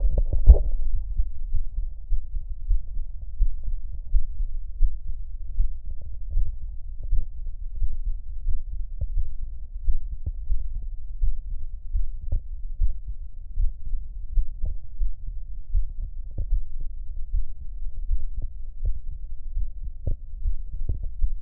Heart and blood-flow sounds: heart sounds by stethoscope; aortic valve (AV); normal heart sounds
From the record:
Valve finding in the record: normal valve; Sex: female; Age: 20 years

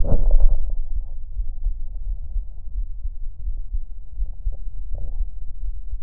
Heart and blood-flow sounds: heart sounds by stethoscope; mitral valve (MV); normal heart sounds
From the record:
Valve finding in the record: normal valve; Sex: male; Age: 66 years

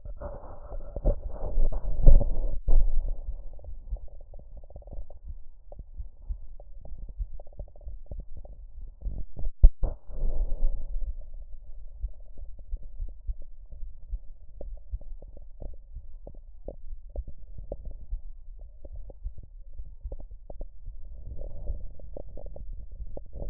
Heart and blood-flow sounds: heart sounds by stethoscope; pulmonary valve (PV); normal heart sounds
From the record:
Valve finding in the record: normal valve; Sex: female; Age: 69 years

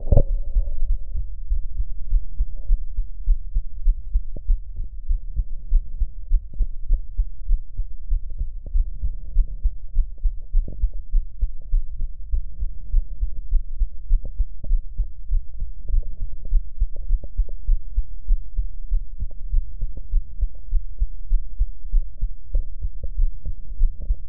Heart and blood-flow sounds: heart sounds by stethoscope; pulmonary valve (PV); normal heart sounds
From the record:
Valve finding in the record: normal valve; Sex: female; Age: 53 years

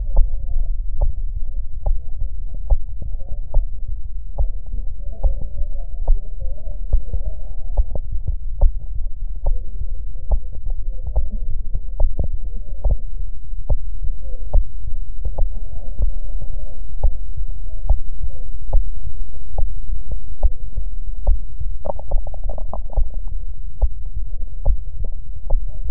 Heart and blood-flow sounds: heart sounds by stethoscope; tricuspid valve (TV); metallic prosthetic valve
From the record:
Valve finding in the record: tricuspid regurgitation, grade 1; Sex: male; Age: 34 years

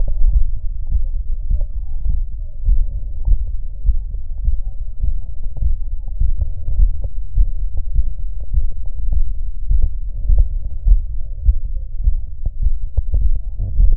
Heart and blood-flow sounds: heart sounds by stethoscope; tricuspid valve (TV); normal heart sounds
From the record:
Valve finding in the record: normal valve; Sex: male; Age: 75 years

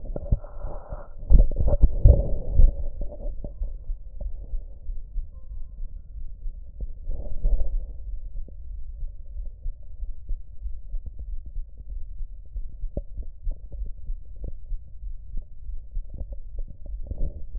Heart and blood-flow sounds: heart sounds by stethoscope; tricuspid valve (TV); normal heart sounds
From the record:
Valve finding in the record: tricuspid regurgitation, grade 0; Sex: female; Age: 47 years

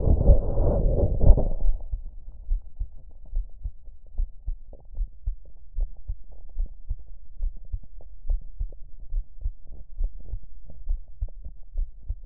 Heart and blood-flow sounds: heart sounds by stethoscope; tricuspid valve (TV); normal heart sounds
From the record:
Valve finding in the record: tricuspid regurgitation, grade 1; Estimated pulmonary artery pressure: 35 mmHg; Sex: female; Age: 40 years

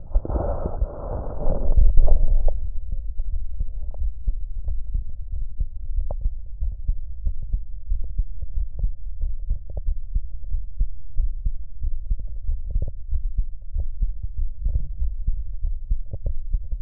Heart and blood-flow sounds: heart sounds by stethoscope; tricuspid valve (TV); normal heart sounds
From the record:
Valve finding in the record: tricuspid regurgitation, grade 0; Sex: male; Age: 42 years

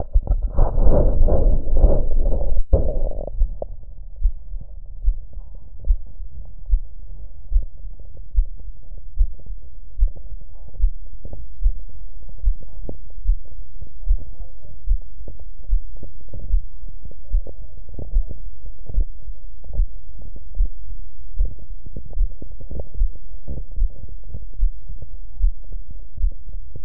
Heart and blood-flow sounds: heart sounds by stethoscope; mitral valve (MV); normal heart sounds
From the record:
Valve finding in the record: mitral regurgitation, grade 0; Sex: female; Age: 60 years

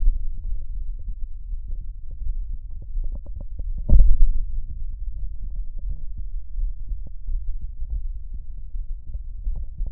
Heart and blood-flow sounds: heart sounds by stethoscope; aortic valve (AV); normal heart sounds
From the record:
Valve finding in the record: normal valve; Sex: male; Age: 53 years

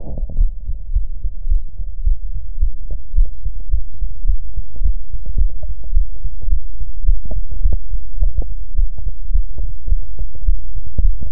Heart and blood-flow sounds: heart sounds by stethoscope; mitral valve (MV); normal heart sounds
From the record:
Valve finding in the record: mitral regurgitation, grade 1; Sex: male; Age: 53 years

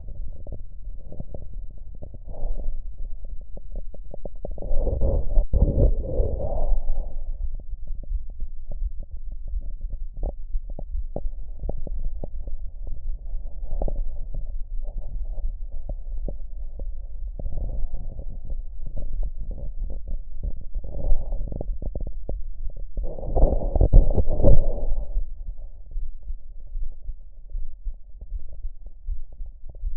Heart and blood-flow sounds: heart sounds by stethoscope; tricuspid valve (TV); normal heart sounds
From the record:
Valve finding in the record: tricuspid regurgitation, grade 0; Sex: female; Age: 59 years

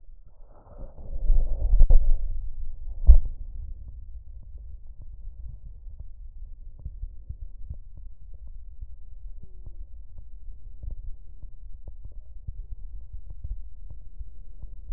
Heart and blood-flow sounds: heart sounds by stethoscope; pulmonary valve (PV); normal heart sounds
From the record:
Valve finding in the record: normal valve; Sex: male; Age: 73 years

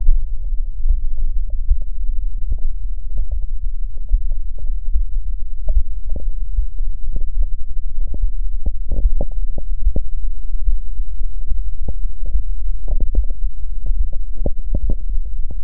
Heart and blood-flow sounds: heart sounds by stethoscope; mitral valve (MV); normal heart sounds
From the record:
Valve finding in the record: normal valve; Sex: male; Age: 55 years

